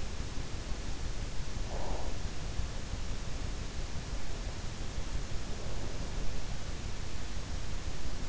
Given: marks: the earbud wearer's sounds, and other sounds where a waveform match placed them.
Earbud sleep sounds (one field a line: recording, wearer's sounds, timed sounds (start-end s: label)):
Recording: sounds in sleep by an in-ear microphone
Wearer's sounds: breath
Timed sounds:
1.55-2.33 s: breath